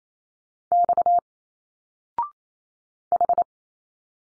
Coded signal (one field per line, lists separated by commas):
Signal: Morse code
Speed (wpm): 28 wpm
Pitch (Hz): 700 Hz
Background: none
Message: X H